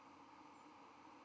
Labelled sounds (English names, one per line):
White-throated Sparrow flight call